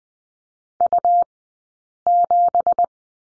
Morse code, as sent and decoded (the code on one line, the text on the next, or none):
..- --...
U7